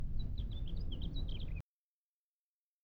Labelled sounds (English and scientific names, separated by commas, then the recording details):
House Finch (Haemorhous mexicanus) song
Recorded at Hewlett Harbor on Long Island, New York, on 10 June 1975
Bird E